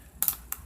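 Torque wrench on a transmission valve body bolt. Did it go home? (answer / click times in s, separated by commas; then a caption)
yes / 0.2 s. A torque wrench set to about 100 inch-pounds tightens a bolt on a transmission valve body and clicks at its setting at 0.2 s with a sharp, bright snap. A second quick tick follows at 0.3 s and another at 0.5 s. The bolt is confirmed torqued to spec.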